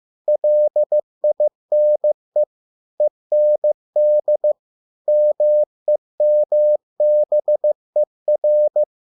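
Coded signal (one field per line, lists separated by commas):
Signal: Morse code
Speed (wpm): 15 wpm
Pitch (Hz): 600 Hz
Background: none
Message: LINE END MEMBER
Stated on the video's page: Morse practice of 100 English words at 15 WPM, for copying by ear.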